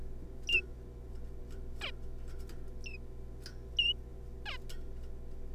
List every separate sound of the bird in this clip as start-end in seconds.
0.47-0.61, 1.81-1.91, 2.84-2.97, 3.77-3.93, 4.46-4.57